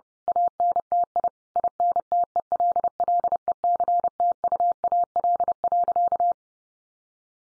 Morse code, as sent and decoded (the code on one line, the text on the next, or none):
.- -. - .. / .. -. - . .-.. .-.. . -.-. - ..- .- .-.. .-.-.-
ANTI INTELLECTUAL.